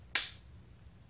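A cocked plastic infusion set inserter is squeezed by the finger tabs on its side, and its spring plunger releases with a single loud, sharp snap at 0.2 s that fades quickly, like a cap gun. This is the action that would drive the cannula and adhesive pad onto the body, and the inserter has fired.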